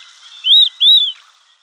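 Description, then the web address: Marbled teal calls: two squeaky notes, each rising then falling, given in quick succession with a short gap between them. Female. "Schulze Peter Marbled Teal"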